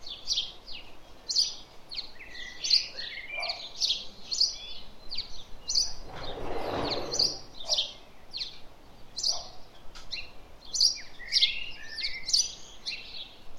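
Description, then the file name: House sparrow chirps, a steady stream of short bright notes from more than one bird, with a brief broad rushing noise around the middle. "Passer domesticus"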